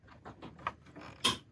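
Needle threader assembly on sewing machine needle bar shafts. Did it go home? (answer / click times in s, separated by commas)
no / none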